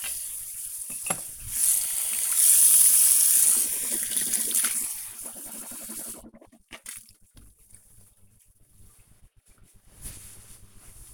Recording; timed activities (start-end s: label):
household activities, microphone on the right wrist
0.00-7.61 s: brushing teeth